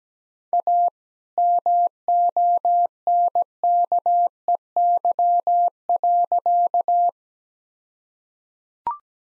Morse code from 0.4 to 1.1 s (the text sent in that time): A